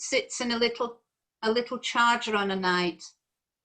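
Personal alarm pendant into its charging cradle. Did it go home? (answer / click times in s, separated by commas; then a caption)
no / none. A neck-worn personal alarm fall-detector pendant is being handled over its charging cradle while someone talks, with two bursts of speech separated by a short pause. No click is heard, and the pendant has not yet seated in the cradle.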